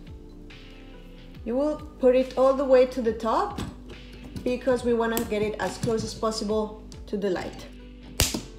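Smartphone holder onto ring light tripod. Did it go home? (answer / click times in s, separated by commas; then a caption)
yes / 8.2 s. Someone talks while an iPhone holder is pushed all the way to the top of a ring light tripod stand, to get it as close as possible to the light. A sharp click at 8.2 s marks the holder locking into place on the stand.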